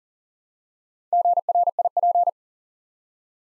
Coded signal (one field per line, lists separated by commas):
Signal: Morse code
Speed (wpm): 39 wpm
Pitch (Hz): 700 Hz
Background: none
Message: GRIP